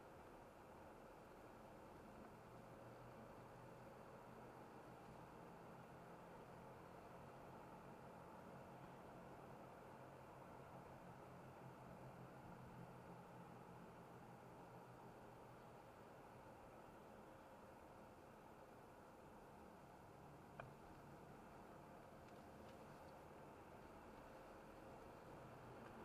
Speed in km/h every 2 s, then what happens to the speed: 43, 45, 47, 49, 49, 47, 46, 44, 41, 40, 39, 42, 42.
0-9 speeds up to 49. 9-20 slows to 39.